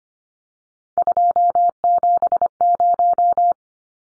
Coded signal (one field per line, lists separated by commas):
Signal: Morse code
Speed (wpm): 25 wpm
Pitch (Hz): 700 Hz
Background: none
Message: 270